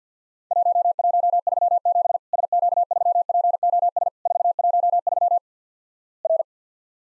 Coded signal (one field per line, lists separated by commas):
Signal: Morse code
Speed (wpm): 53 wpm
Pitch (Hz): 700 Hz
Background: none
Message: 1137 SQ3POS 413 R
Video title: Worked All Europe DX Contest QTC Exchange 50wpm